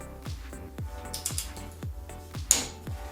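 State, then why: Torque reached. A click-type torque wrench set to 70 ft-lb tightens a second front brake bolt on a Hyundai Elantra, over music with a steady low thumping beat. A sharp metallic click at 2.5 s shows the wrench has reached its setting and the bolt is torqued.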